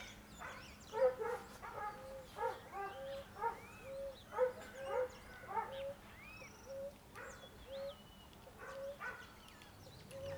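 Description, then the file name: Dog giving irregular barks among several birds whistling and chirping, including short rising notes, over a low constant hum. Rural ambience at dawn with various birds and a barking dog. "Ambiencia rural amanhecer varios passaros, cachorro latindo e galo as vezes canta"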